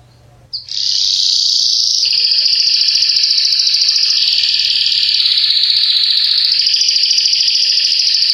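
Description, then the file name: Belgian canary song as one long, unbroken, high rolling trill that drops slightly in pitch partway through, rises again near the end and continues steadily. Yellow Belgian canary. "canto do canario belga amarelo"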